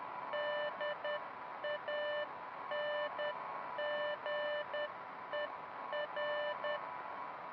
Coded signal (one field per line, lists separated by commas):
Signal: Morse code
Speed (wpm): 10 wpm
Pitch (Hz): 590 Hz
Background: none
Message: DANGER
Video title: Beacon Pines First Playthrough pt. 1